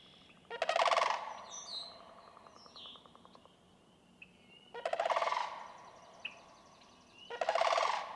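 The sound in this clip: Sandhill crane gives three rolling, rattling calls about four and then nearly three seconds apart, while small birds chirp and whistle in the pauses.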